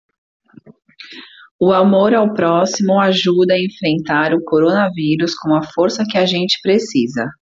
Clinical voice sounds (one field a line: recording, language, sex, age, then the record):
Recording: spoken sentence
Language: Brazilian Portuguese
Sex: female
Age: 30 to 39 years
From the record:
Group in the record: control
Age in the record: 35 years